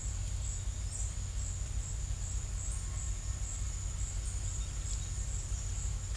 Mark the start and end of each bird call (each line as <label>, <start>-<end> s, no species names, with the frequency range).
bird call (5.2-6.6 kHz), 0.78-1.38 s